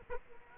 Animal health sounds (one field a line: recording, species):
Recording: mosquito wingbeat signal from an infrared sensor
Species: Aedes aegypti